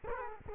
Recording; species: mosquito wingbeat signal from an infrared sensor; Culex quinquefasciatus